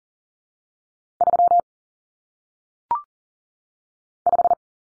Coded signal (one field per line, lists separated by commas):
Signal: Morse code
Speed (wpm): 40 wpm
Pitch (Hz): 700 Hz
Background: none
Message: 3 5